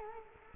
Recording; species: mosquito wingbeat signal from an infrared sensor; Culex quinquefasciatus